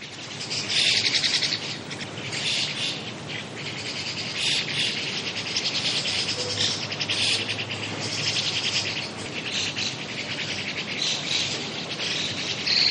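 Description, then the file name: White-cheeked starling chattering, a dense continuous mass of high, scratchy calls with a steady hiss in the background. "muku"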